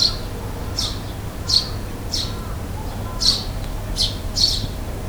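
Bird chirps, short bright high notes given singly about every half second to second, seven in all, over a low steady hum.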